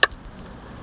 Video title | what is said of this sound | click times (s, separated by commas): Trailer Wiring Install 2012-2016 Honda CRV | this it snaps right in you guys heard that | 0.0 s